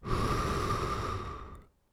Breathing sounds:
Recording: one breath near a microphone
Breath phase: exhalation

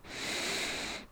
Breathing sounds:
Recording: one breath near a microphone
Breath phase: inhalation

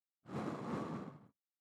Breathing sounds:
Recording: one breath near a microphone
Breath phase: exhalation

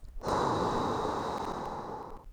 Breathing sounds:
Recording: one breath near a microphone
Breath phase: exhalation

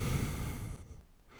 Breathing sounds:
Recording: one breath near a microphone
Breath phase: exhalation

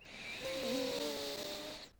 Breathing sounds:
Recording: one breath near a microphone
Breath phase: inhalation

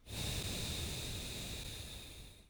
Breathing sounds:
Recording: one breath near a microphone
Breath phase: exhalation

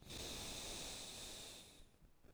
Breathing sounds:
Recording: one breath near a microphone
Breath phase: exhalation

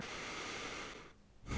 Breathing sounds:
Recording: one breath near a microphone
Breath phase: inhalation

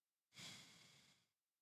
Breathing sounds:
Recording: one breath near a microphone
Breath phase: exhalation

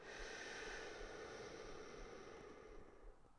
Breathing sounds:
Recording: one breath near a microphone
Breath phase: exhalation

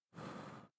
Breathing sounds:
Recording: one breath near a microphone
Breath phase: exhalation

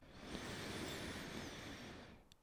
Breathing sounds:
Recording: one breath near a microphone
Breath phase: inhalation

